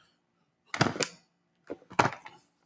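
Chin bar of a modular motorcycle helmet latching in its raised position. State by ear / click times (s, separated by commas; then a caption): seated / 0.7 s, 2.0 s. A rider raises the chin bar of his modular motorcycle helmet and it latches in its raised position, locked so the wind cannot knock it down. Two bursts of sharp clicking are heard, the first at 0.7 s and the second at 2.0 s, each followed by a few quieter clicks. The chin bar is seated and locked in place.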